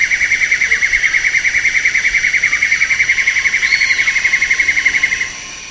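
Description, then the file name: Black-and-yellow broadbill giving a long, even series of rapid, buzzy pulsed notes, held for over five seconds before stopping, with a faint whistle from another bird. "sempur hujan darat omkicau"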